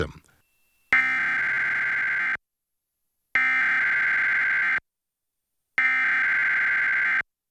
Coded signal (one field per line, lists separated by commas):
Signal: Emergency Alert System (SAME) tones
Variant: header bursts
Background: speech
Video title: Monthly Emergency Alert System (EAS) Tests - Seattle/Tacoma - March 2022